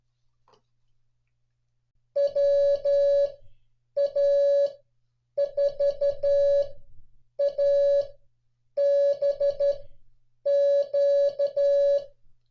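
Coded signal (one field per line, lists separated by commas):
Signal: Morse code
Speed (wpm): 12 wpm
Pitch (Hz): 560 Hz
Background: none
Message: WA4ABQ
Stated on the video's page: Morse call sign copying practice using real North American call signs from a 1991 log.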